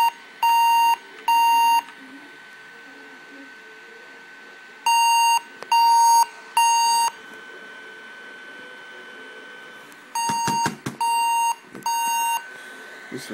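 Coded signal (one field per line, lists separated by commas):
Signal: beep code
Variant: Averatec laptop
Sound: groups of three half-second mid-pitched beeps, repeating every few seconds, with occasional clicks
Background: clicks, small room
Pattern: 3 beeps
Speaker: if you know what the problem is could you let me know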